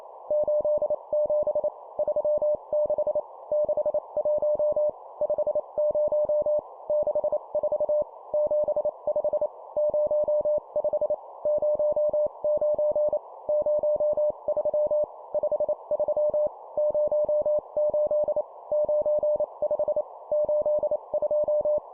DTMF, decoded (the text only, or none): none